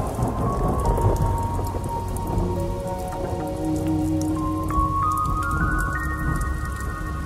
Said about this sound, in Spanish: excepto en aquellos sitios en donde la lluvia, de una manera moderada o torrencial, ha estado cayendo durante la tarde y la noche. Es tiempo de tormentas.